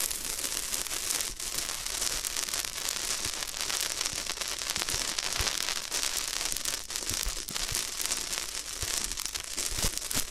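Floral foam crackles and crunches in a dense, continuous stream of tiny bright pops and fizzes that barely let up across the whole clip. A few soft, low knocks land now and then, around the middle and later on.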